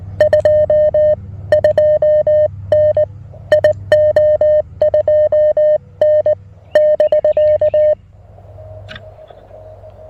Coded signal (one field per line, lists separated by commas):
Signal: Morse code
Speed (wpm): 19 wpm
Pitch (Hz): 590 Hz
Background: music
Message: 2 2N IO 2N <BK>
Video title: A Quick QRP POTA Activation with the Mountain Topper MTR-4B V2!